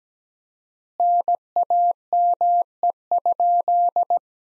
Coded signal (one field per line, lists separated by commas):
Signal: Morse code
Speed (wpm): 17 wpm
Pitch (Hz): 700 Hz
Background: none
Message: NAME?